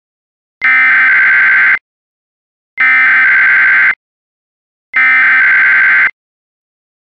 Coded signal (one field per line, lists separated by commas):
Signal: Emergency Alert System (SAME) tones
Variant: header bursts